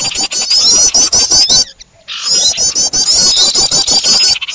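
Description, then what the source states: Bird chatter, shrill and crowded, rapid squeaky phrases cut by a sudden silence before resuming, with crackly clicks. Noisy bird sounds (burung ribut), a long-duration master recording used for luring birds.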